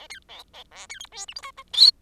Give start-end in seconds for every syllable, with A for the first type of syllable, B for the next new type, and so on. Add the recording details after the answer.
0.10-0.19 A, 0.28-0.43 B, 0.53-0.64 B, 0.71-0.87 C, 0.89-0.99 A, 0.99-1.07 D, 1.12-1.26 E, 1.28-1.34 F, 1.35-1.42 G, 1.42-1.51 H. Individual Bird10